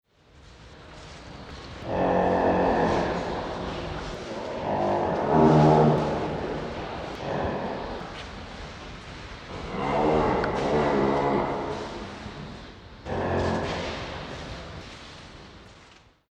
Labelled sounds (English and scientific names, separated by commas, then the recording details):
Nile Lechwe (Kobus megaceros)
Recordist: Tembrock, Günter
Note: Langlaute eines Jungbullen